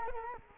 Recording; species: mosquito wingbeat signal from an infrared sensor; Culex quinquefasciatus